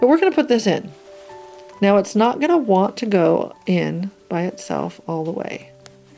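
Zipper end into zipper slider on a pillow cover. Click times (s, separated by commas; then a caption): 5.9 s. Someone talks while pushing the end of an invisible zipper into its slider on a pillow cover, since it won't go in all the way by itself. A sharp, short click is heard at 5.9 s as the zipper end seats into place.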